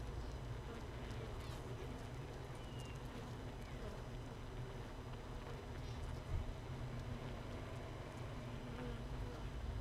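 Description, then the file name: Honey bees humming inside a hive, a steady low droning buzz with layered tones that holds throughout, faint clicks and scratches on top. Hive 1, colony without a queen, recorded 31 May 2018 at 15:30. "Hive 1 31 05 2018 NO Queen Bee H 1 audio 15 30 00"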